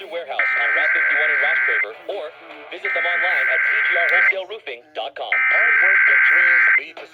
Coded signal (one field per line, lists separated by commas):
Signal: Emergency Alert System (SAME) tones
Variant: header bursts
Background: speech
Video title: EAS 5552-5584 Tests from 1/17/24-1/24/24